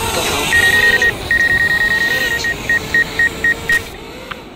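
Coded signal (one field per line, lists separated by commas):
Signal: none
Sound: drone warning beeps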